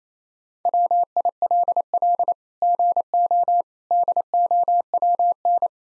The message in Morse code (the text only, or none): WILL GO DOWN